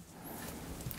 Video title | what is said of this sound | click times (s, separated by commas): PS4 Disc Reading Error - Laser Fix - How to Repair Blu Ray Drive | I just slide it on with my finger until it clicks in and there we go | 0.9 s